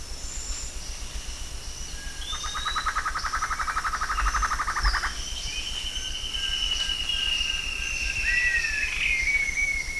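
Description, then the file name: Bird calls: a short whistle, then a buzzy rapid trill lasting about three seconds, followed by a long thin falling whistle, with a steady high whine and low hum. "SABIOD 50 bird 2015"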